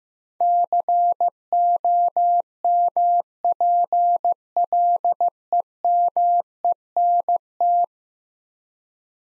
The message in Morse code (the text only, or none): COMPLEMENT